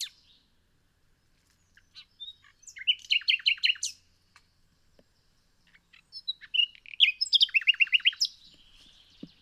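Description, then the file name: Common nightingale song: two phrases of quick, evenly repeated chirping notes, separated by short pauses with scattered soft clicks and single notes. "Luscinia megarhynchos"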